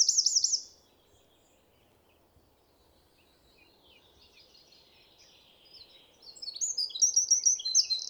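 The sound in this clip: Eurasian wren song, a high rattling trill ending at the start, a pause with faint chirps, then another loud burst of rapid trills and sharp notes.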